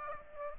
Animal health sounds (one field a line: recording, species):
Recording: mosquito wingbeat signal from an infrared sensor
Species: Aedes aegypti